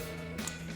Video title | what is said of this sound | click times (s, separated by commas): 2021-2023 F-150 Barricade Extreme HD Modular Front Bumper with LED DRL Review & Install | Make sure that snaps into place. | 0.5 s